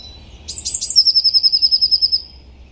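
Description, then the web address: Bird calling with a brief burst of three high, harsh notes followed by a rapid, regular trill of pulses, slightly falling in pitch. "Deverinetal 2025. Bird Only"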